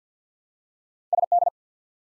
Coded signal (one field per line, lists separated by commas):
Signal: Morse code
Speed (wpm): 51 wpm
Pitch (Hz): 700 Hz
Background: none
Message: SD